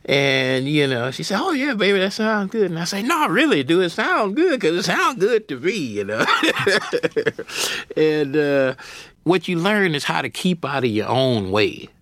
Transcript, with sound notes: And, you know, she said, oh, yeah, baby, that sounds good. And I say, no, really, do it sound good? - 'cause it sounds good to me, you know (laughter)? And what you learn is how to keep out of your own way.